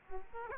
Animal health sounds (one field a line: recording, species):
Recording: mosquito wingbeat signal from an infrared sensor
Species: Aedes aegypti